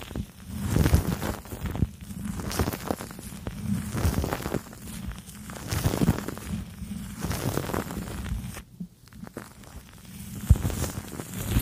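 Crackling brush and foam sounds scrape and rustle in irregular strokes, with sharper clicks and bursts every second or so. A steady low hum runs underneath the whole time, and the activity briefly thins out around nine seconds before picking up again.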